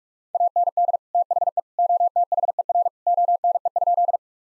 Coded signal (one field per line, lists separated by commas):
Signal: Morse code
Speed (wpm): 44 wpm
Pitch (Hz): 700 Hz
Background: none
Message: AND THE OTHER ONE?